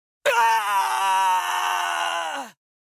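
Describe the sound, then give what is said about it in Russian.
A single loud, anguished scream of agony from a creature struck by a wave of red-blue flame, a harsh, harmonic wail held steady for about two seconds before its pitch sags and it cuts off, with no talking. “Крики мучений огласили округу, давая понять, что удар попал в цель.”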